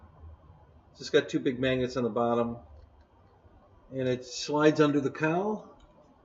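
Someone talks while handling the magnetic windshield hatch of an RC model airplane fuselage, a part with two big magnets on the bottom that slides under the cowl. Only speech is heard, with no distinct clicks. Nothing has seated or clicked into place yet.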